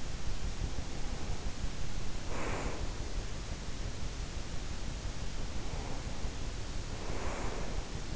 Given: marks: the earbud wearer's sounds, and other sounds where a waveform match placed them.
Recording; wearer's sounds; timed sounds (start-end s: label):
sounds in sleep by an in-ear microphone; breath
0.61-3.11 s: breath
5.29-8.15 s: breath